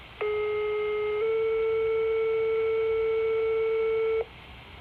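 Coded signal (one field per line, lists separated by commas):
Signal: two-tone page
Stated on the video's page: Evening pager test from SHASCOM.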